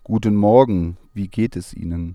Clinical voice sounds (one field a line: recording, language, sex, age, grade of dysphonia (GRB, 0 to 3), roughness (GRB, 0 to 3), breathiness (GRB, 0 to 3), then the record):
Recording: spoken sentence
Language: German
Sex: male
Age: 30 to 39 years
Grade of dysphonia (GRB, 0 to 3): 0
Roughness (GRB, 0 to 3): 0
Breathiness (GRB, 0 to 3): 0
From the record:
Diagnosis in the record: healthy voice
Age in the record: 38 years